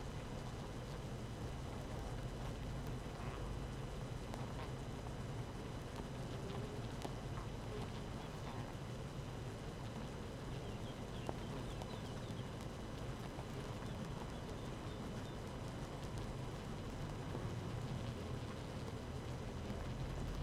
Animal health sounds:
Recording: honeybee colony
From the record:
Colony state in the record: active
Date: 12 June 2018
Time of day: 7:03

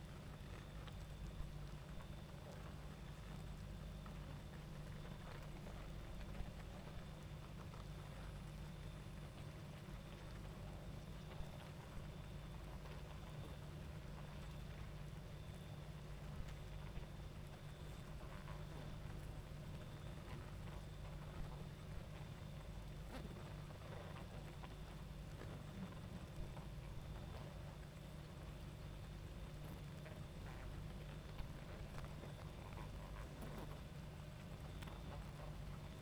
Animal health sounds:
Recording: honeybee colony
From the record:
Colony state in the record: active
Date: 28 July 2017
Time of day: 22:40

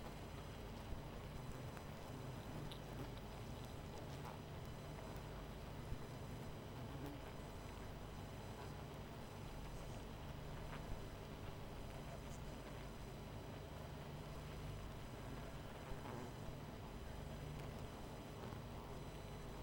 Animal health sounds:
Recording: honeybee colony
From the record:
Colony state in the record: missing queen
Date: 14 July 2017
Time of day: 22:12

